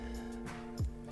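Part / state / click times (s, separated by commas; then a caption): wiring harness connector into camshaft position sensor / not seated / none. A wiring harness plug is being pushed onto the camshaft position sensor of a 2001-2005 Honda Civic, where its plastic latch will lock. Steady background music plays throughout, with a brief low thump of handling at about 0.8 s. Nothing has seated or clicked yet.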